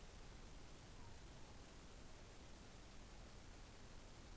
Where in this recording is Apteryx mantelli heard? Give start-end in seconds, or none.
none